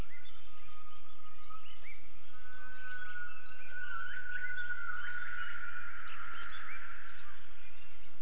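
Gibbon call: a long, pure, whistled note that slowly rises, then breaks into a brighter, rougher phrase, over steady background hiss.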